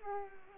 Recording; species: mosquito wingbeat signal from an infrared sensor; Culex pipiens